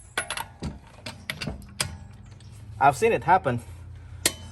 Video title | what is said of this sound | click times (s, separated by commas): How to Fix, Repair and Plug Flat Tire Hole Damaged By Nail or Sharp Object | until it click okay you hear that click | 0.2 s